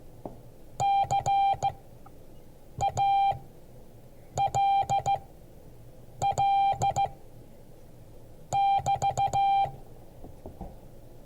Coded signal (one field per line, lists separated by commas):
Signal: Morse code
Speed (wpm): 14 wpm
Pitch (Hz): 790 Hz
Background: none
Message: CALL<BT>